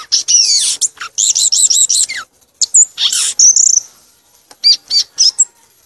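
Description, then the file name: Violaceous euphonia song of sharp, high chattering notes and a quick series of repeated looping chirps, broken by short pauses. "canto do gaturamo verdadeiro"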